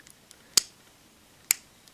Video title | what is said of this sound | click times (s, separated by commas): RKF Kamen Rider Saikou Saikou Perfect Set Review (Kamen Rider Saber) | place making sure that it does snap in place you'll | 0.6 s, 1.5 s